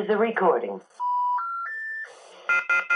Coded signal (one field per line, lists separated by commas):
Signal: telephone call progress tone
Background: speech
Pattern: special information tone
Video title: Phone Line Simulator Project Update: 2 Phones Working!